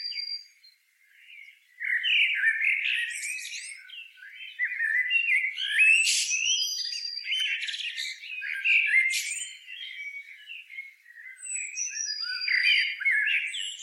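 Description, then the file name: Eurasian blackbird pours out mellow warbling phrases laced with sharp high squeaks, singing almost without a break after a quiet start. "Turdus merula"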